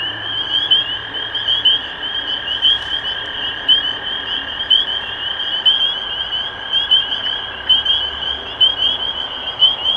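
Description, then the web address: Spring peepers calling in a dense chorus of high, upslurred peeps that overlap constantly, with a steady lower whistling tone running through most. Recorded 23 March 2012. "animals Peepers-2012-0323"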